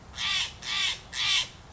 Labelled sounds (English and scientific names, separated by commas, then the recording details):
Steller's Jay (Cyanocitta stelleri)
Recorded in Sonoma County, California